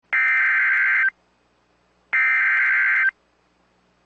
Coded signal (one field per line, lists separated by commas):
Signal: Emergency Alert System (SAME) tones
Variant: header bursts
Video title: REAL EAS 1424- Severe Thunderstorm Warning